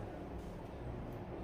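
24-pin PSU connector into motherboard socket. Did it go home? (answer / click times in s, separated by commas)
no / none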